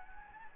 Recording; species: mosquito wingbeat signal from an infrared sensor; Anopheles gambiae